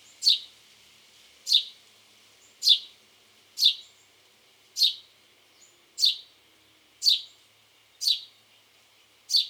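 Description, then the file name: House sparrow calls, a steady series of nine sharp descending chirps, spaced about one second apart, against quiet background. "Passer domesticus"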